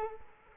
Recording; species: mosquito wingbeat signal from an infrared sensor; Culex quinquefasciatus